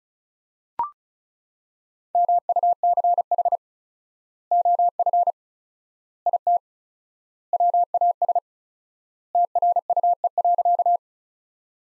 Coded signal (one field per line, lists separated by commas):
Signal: Morse code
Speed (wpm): 34 wpm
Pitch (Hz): 700 Hz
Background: none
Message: MUCH OF IT WAS TRUE.